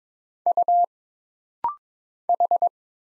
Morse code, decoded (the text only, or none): U H